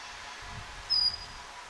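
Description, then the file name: Great tit giving a single thin, high whistled note, steady in pitch and lasting a fraction of a second, over a faint background hiss. "Parus major"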